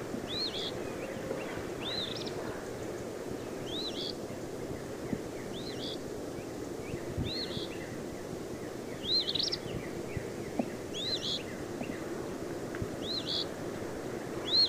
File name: Eastern Phoebe